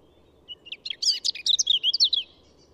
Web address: SETE Erithacus rubecula